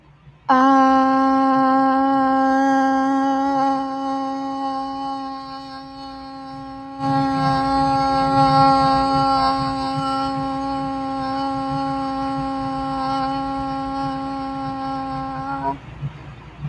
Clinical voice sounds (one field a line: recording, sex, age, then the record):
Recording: vowel held as long as possible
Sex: female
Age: 18 to 19 years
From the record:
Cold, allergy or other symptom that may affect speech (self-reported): no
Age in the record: 19 years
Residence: California, United States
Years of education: 14